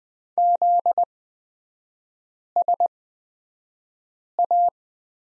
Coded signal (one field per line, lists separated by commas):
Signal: Morse code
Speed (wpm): 20 wpm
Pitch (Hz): 700 Hz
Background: none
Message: ZSA